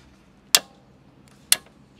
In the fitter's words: c'est le clic de pied passager le plus confiant